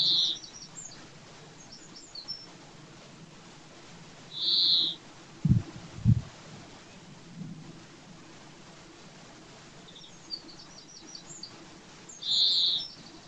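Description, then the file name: European greenfinch giving long, nasal wheezing notes, three drawn-out buzzes spaced several seconds apart, with faint high twitters and two brief low thumps midway. "Chloris chloris"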